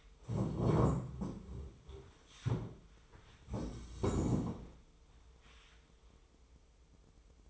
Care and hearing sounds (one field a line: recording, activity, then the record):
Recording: daily activity, microphone in the room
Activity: stand up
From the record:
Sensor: 1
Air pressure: 1005.4 hPa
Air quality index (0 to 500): 124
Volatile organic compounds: 5 ppm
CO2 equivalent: 1737 ppm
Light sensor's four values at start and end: 11/27/11/12 and 11/26/11/11